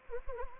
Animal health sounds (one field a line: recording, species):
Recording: mosquito wingbeat signal from an infrared sensor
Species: Anopheles gambiae